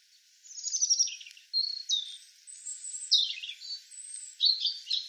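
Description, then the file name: European robin song: loud, varied phrases of high whistles, trills and descending slurs, repeated with brief gaps. "Erithacus rubecula"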